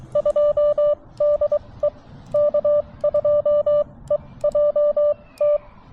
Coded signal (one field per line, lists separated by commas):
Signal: Morse code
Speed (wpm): 23 wpm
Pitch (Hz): 590 Hz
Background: none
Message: 2DE K2EJT